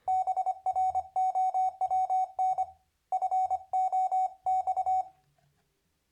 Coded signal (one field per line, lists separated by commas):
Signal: Morse code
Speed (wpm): 25 wpm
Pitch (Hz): 750 Hz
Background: none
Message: BROWN FOX